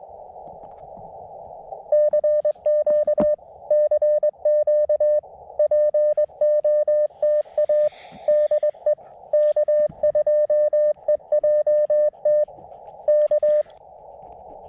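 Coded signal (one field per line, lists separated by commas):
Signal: Morse code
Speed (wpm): 20 wpm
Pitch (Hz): 590 Hz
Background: radio noise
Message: CQ CQ POTA DE K2EJT K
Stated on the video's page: CW Parks on the Air activation from a state forest, calling CQ at 20 wpm, with park-to-park callers replying at 25-40 wpm.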